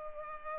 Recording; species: mosquito wingbeat signal from an infrared sensor; Culex pipiens